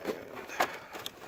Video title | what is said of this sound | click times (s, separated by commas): 2001 Honda Goldwing GL1800 Right hand control cluster removal. | snaps right in place beautiful thing | 0.6 s